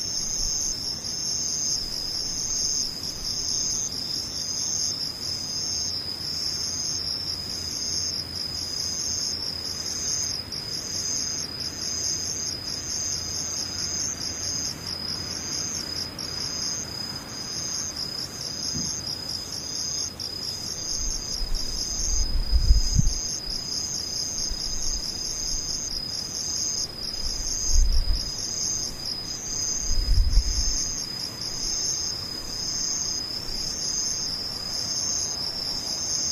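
Insects trill without pause, a bright, dense, high chirring that pulses in a fast, regular rhythm and stays steady from start to finish. Beneath it a faint low rumble sits, with a few soft low thumps around 22, 28 and 30 seconds.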